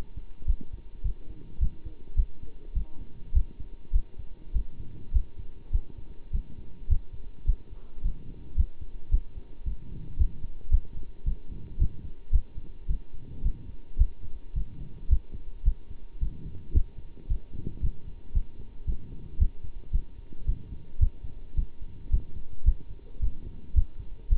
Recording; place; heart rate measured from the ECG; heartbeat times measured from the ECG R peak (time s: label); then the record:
heart sounds by stethoscope; between the tricuspid and mitral areas; 108 bpm
0.47 s: heartbeat
1.03 s: heartbeat
1.60 s: heartbeat
2.16 s: heartbeat
2.74 s: heartbeat
3.34 s: heartbeat
3.92 s: heartbeat
4.53 s: heartbeat
5.13 s: heartbeat
5.72 s: heartbeat
6.32 s: heartbeat
6.89 s: heartbeat
7.46 s: heartbeat
8.03 s: heartbeat
8.57 s: heartbeat
9.11 s: heartbeat
9.65 s: heartbeat
10.18 s: heartbeat
10.71 s: heartbeat
11.25 s: heartbeat
11.79 s: heartbeat
12.32 s: heartbeat
12.88 s: heartbeat
13.43 s: heartbeat
13.98 s: heartbeat
14.55 s: heartbeat
15.10 s: heartbeat
15.65 s: heartbeat
16.20 s: heartbeat
16.74 s: heartbeat
17.29 s: heartbeat
17.82 s: heartbeat
18.34 s: heartbeat
18.87 s: heartbeat
19.39 s: heartbeat
19.92 s: heartbeat
20.46 s: heartbeat
21.00 s: heartbeat
21.56 s: heartbeat
22.11 s: heartbeat
22.65 s: heartbeat
23.21 s: heartbeat
23.75 s: heartbeat
24.29 s: heartbeat
From the record:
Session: bicycle stress test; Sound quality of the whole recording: good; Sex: male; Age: 27 years